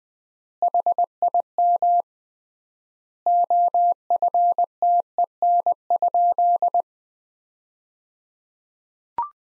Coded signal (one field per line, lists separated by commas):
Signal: Morse code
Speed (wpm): 20 wpm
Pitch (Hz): 700 Hz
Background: none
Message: HIM OFTEN?